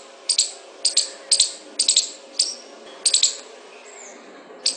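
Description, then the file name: Squirrel chattering call: bursts of sharp, dry clicking notes, often doubled or tripled, repeated roughly twice a second with brief pauses, over a faint steady hum. "suara bajing. omkicau"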